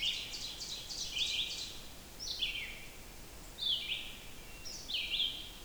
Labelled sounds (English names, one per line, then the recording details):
Red-eyed Vireo song
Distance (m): 40 m
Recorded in boreal forest in Alberta, Canada, on 14 June 2016 at 06:44
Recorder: SongMeter 3, array SBT-3-33
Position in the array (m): 142 m, 181 m